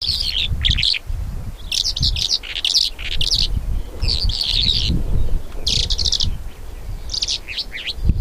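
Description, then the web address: Bimaculated Lark calls in bursts of high, twittering, chirpy phrases separated by short pauses, over a steady low rumbling background noise. "two spotted lark call"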